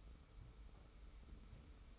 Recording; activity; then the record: daily activity, microphone in the room; sweep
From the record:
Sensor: 1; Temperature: 25.3 degrees Celsius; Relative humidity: 41.5%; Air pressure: 991.4 hPa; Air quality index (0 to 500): 127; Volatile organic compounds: 318 ppm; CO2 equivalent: 4520 ppm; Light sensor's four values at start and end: 43/131/52/54 and 43/131/52/54